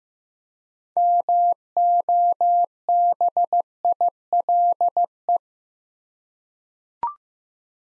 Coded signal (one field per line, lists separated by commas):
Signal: Morse code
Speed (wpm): 15 wpm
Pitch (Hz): 700 Hz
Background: none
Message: MOBILE